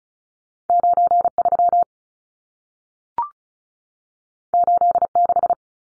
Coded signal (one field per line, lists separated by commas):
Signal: Morse code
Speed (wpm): 36 wpm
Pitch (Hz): 700 Hz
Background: none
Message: 93 86